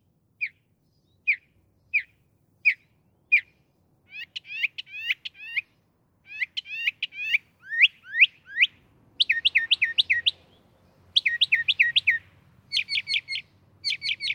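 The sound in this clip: Northern mockingbird singing, single sharp notes, then slurred chirps in short groups, then loud buzzy trilled phrases repeated over and over.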